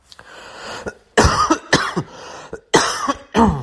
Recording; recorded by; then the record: voluntary cough; messaging app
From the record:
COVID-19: positive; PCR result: self-reported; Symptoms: yes